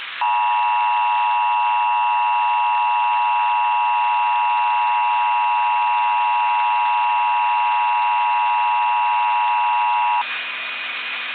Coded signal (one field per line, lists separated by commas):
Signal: Emergency Alert System (SAME) tones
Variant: 853 and 960 Hz attention tone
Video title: EAS MOCK #17: Audio Feedback Testing